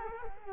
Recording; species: mosquito wingbeat signal from an infrared sensor; Culex quinquefasciatus